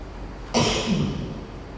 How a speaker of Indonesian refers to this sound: Mohon maaf batuk dibawa dari Saudi. Tapi alhamdulillah saya dinyatakan bebas virus corona.